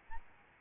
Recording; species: mosquito wingbeat signal from an infrared sensor; Aedes albopictus